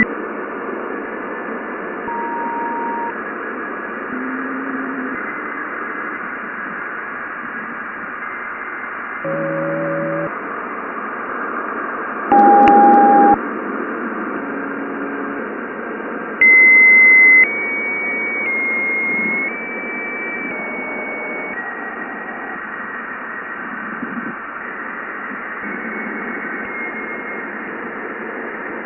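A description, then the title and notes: Plasma sounds at Jupiter come through as a steady, dense radio-like hiss filling a narrow middle band. Brief tones and whistles step in and out over it, with louder bursts near 13 seconds and 17 seconds and thin rising notes after. NASA’s Juno spacecraft has observed plasma wave signals from Jupiter’s ionosphere. The actual observed frequencies of these emissions approach 150 kHz, which is above the human hearing range. To bring these signals into the human audio range, the playback speed has been slowed by a factor of about 60. Plasma Sounds at Jupiter.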